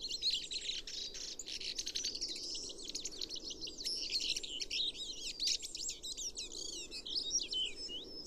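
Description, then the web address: Chestnut-cheeked starling chatter: an unbroken stream of squeaky, wavering high notes and quick chirps throughout. "komukudori"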